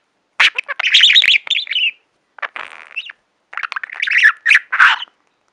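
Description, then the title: Budgerigar chatter: bursts of scratchy, warbling chirps and squawks, pausing briefly midway, then resuming in a lively run of varied notes. "Budgie Sounds"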